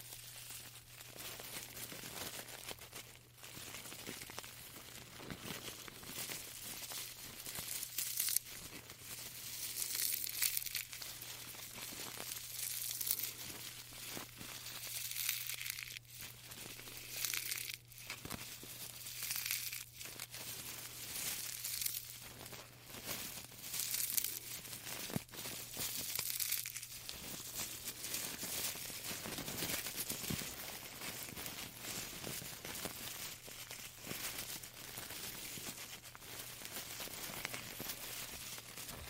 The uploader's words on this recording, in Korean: ASMR 조곤 조곤 듣기 좋은 티백 만지는 소리.